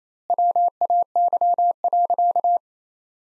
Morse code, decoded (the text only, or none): WAY.